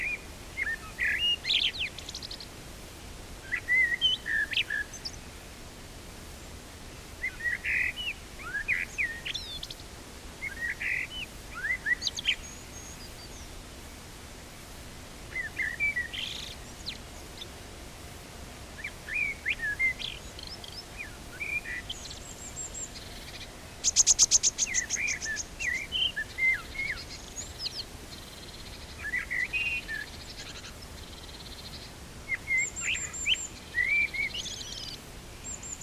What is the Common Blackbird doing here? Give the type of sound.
song